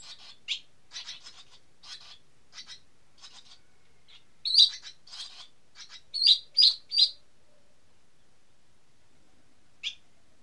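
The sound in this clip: Barn swallow twittering: bursts of short high chirps and buzzy notes, a cluster of louder, sharper notes in the middle and a lone note near the end.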